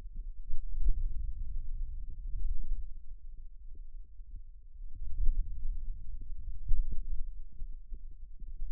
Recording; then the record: forearm muscle sounds (acoustic myography)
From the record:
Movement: hand opening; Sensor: system 2, bracelet of six BSWA MPA416 microphones around the upper forearm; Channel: 1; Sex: male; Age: 22 years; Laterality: right